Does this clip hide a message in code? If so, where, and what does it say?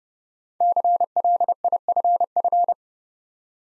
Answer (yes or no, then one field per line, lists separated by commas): yes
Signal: Morse code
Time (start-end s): 0.6-2.7 s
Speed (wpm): 30 wpm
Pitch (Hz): 700 Hz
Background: none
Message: CLIFF